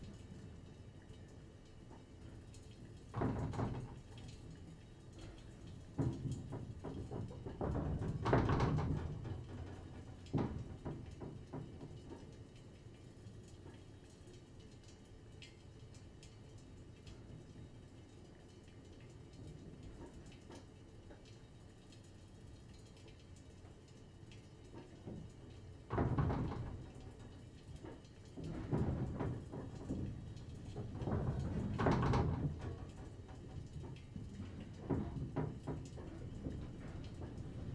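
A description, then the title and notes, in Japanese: Wind gusts rattle glass sliding doors in sharp, clattering bursts, clustered around the start and again in the final third, with a quieter lull between. A steady low rumble of wind runs underneath throughout. 我が家の冬の音風景。雪と寒さの厳しさと、今季は冬らしい冬となっています。ZOOM F6, Sennheiser MK。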